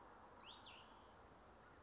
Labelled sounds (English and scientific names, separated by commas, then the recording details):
Cassin's Vireo (Vireo cassinii)
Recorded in Sonoma County, California